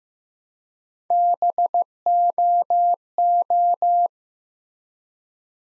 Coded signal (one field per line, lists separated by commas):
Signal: Morse code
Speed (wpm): 15 wpm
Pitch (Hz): 700 Hz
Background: none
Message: BOO